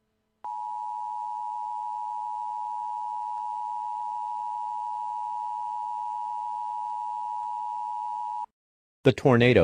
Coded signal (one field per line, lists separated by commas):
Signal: Emergency Alert System (SAME) tones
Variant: 853 and 960 Hz attention tone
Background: speech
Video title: EAS Scenario #9 The Disaster of The United States